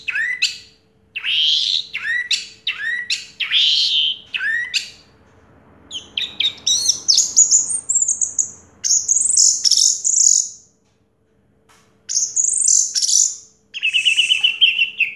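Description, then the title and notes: Orange-headed thrush song of varied whistles and chattering notes, some slurred high phrases, delivered in dense bursts with brief pauses. A 'teler' style song with a clear voice; the bird's full range of sounds. "Anis Merah Teler Suara Jernih. kumpulan suara anis merah lengkap"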